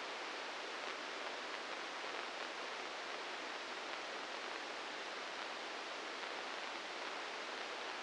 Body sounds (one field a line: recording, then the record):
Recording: brain microelectrode recording played as sound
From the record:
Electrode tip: inside the subthalamic nucleus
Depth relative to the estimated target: -1 mm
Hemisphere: right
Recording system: NeuroSet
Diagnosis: Parkinson's disease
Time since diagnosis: 15 years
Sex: female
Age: 59 years